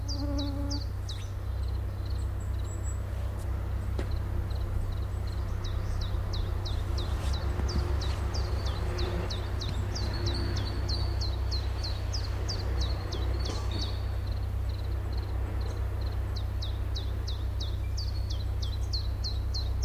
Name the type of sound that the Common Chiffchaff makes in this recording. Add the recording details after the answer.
song. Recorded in the wild. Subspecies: abietinus. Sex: male. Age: adult. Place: Ånge, Medelpad, Västernorrlands län, SE. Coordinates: 62.5333, 15.7167. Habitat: spruce. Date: 1971-07-12. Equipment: Nagra SN, AKG CK 5, 9 cm/s, Kopie Nagra III PH. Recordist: Schneider, Hans-Joachim. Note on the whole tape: Östlich Ånge und bei Erikslund im Flußtal des Ljungan, Nordschweden. Phylloscopus collybita abietinus. 1.Männchen: Gewöhnliche Gesänge mit längeren Zwischenlauten. 2.Männchen: Gewöhnliche Gesänge. 3. Männchen: Gewöhnliche Gesänge, gute Zwischenlaute. (Beste Aufnahme!). 4.Männchen: Gewöhnliche Gesänge mit interessanten Zwischenlauten. Kopie von SN4/ 1. Aufnahme überspielt am 20.07.1971. (Rest dieser Aufnahme siehe N876/II/abiet.7.) Sonagramm